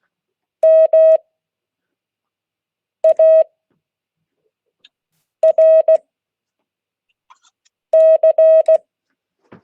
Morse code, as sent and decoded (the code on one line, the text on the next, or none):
-- .- .-. -.-.
MARC